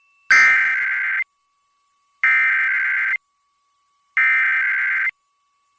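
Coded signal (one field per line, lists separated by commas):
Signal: Emergency Alert System (SAME) tones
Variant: header bursts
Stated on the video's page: Required Monthly Tests for Los Angeles and Nevada, plus automatic Required Weekly Tests from two radio stations.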